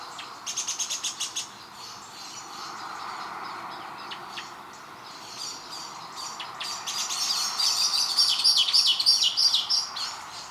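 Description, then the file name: Eurasian blackbird calls: a fast series of sharp, clicking chinks, then after a quieter stretch another burst of rapid chinking. "Turdus merula"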